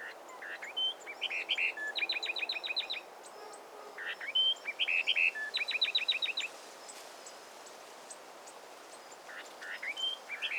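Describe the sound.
Peruvian wren song: slurred whistles followed by fast trills of about seven identical notes, repeated twice, then softer notes.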